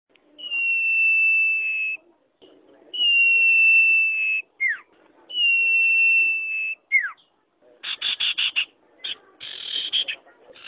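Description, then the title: Bird song opening with long, steady high whistles about two and a half seconds apart, the second and third each followed by a quick downward slur, then a run of harsh, rapid chattering bursts. "burung"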